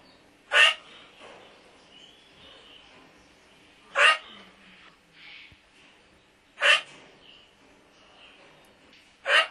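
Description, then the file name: Duck giving short, harsh, rasping calls repeated every few seconds, four in all, with faint softer sounds between. "Anas"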